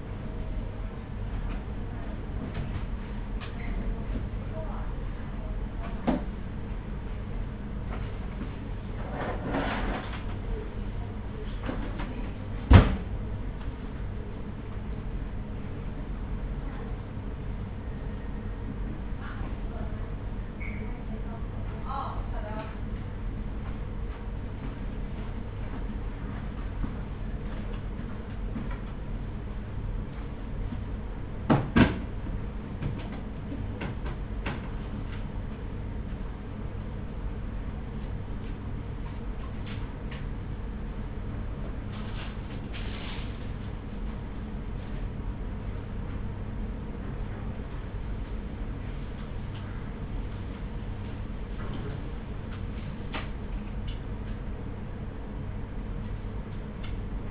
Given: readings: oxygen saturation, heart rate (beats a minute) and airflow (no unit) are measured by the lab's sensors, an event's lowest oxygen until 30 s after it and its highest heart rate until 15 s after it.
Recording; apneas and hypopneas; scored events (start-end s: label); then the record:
a person awake in a sleep study, by a smartphone at the bedside; none
0.00-57.30 s: awake
0.00-57.30 s: awake
From the record:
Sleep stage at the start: awake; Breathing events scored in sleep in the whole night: 210 in 6.9 hours asleep